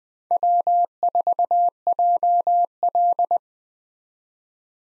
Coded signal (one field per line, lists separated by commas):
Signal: Morse code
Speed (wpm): 21 wpm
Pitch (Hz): 700 Hz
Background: none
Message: W4JL